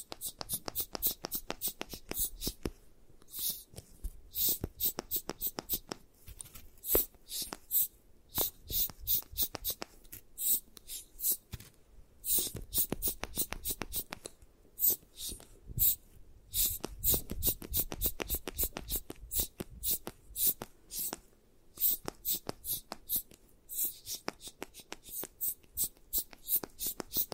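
Tapping and scratching from a 3D eye massage, made up of dense runs of quick, crisp clicks and light taps that come in bursts with short pauses between them. The sounds are bright and dry, and soft rustling and shuffling fill the gaps.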